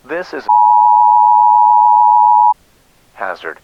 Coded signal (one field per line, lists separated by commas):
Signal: Emergency Alert System (SAME) tones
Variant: 853 and 960 Hz attention tone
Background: speech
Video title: EAS Scenario: A Tempestuous Tease